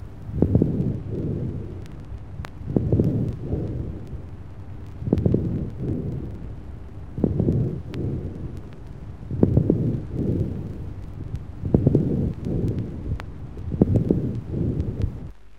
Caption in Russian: У больного с абсцессом легкого звонкие, средние, крупнопузырчатые влажные хрипы на фоне бронхиального дыхания.